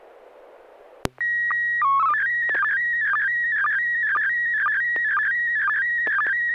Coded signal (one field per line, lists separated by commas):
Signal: SSTV (slow-scan television)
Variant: PD 120